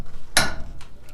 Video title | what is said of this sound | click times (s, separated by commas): Remove 250 Lbs Of Torque?? 1/2 Bauer Impact Wrench (Harbor Freight) | As you guys heard it click. | 0.4 s